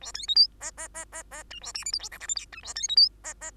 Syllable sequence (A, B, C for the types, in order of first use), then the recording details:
A B C D E E E E E F A G H I J K L M N F A B C D E E. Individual Bird2